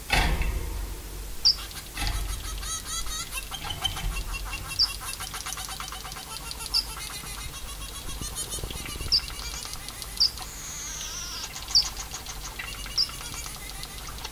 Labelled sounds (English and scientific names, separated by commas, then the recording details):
Scaly-breasted Munia (Lonchura punctulata) call
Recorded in captivity
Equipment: Halbspur 19 cm
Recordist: Lütgens, Hans